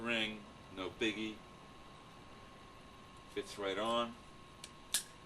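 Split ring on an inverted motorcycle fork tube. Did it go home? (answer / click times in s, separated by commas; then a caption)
yes / 4.9 s. A metal split ring is pushed onto an inverted Showa motorcycle fork tube during fork reassembly, while someone talks in a quiet space with a steady faint hum. A small tick comes at 4.6 s, then a sharp click at 4.9 s as the ring snaps into its groove, seated.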